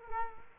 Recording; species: mosquito wingbeat signal from an infrared sensor; Culex quinquefasciatus